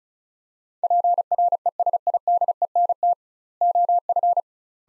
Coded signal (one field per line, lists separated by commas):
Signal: Morse code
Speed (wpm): 36 wpm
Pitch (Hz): 700 Hz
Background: none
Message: PRESIDENT OF